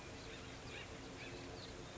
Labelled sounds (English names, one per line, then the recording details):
Acorn Woodpecker
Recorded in Sonoma County, California